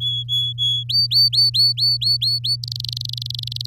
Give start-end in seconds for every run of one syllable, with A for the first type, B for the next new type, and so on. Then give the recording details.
0.00-0.84 A, 0.89-2.56 B, 2.63-3.66 C. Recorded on 6 May 2018 at 12:33. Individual llb16